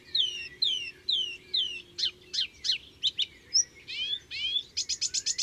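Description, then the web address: Melodious warbler song opening with four slurred, falling whistles, then switching to harsh chirps, a brief whistle and a quick series of buzzy notes. Recorded in June. "Juin LHypolais polyglotte. les 4 saisons des chants doiseaux"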